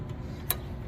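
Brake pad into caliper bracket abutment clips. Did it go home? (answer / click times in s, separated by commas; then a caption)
yes / 0.5 s. A new brake pad for a 2017 Nissan Rogue is pushed by hand into the caliper bracket's abutment clips. It snaps sharply into place at 0.5 s over a low background hum and locks in, seated.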